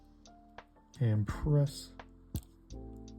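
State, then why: Seated. A metal battery latch is pressed down over a CR1220 coin cell dropped into the 5081 watch module of a G-Shock GA-100BW. Someone talks briefly, then the latch snaps into place with a sharp click at 2.4 s, seating the battery.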